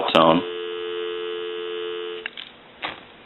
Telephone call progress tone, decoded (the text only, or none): dial tone